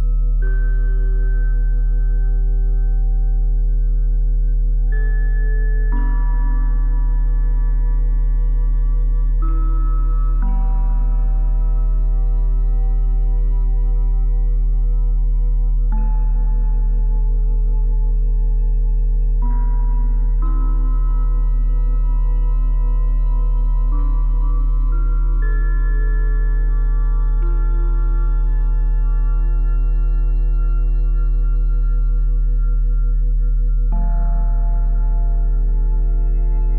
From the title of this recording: 174Hz+417Hz+741Hz